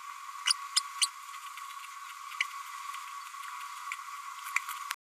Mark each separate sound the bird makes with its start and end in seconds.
0.46-0.53, 0.76-0.80, 1.01-1.07, 2.40-2.44